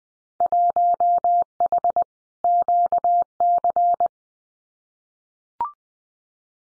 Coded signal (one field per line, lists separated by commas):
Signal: Morse code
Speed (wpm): 20 wpm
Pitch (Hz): 700 Hz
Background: none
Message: 1H QC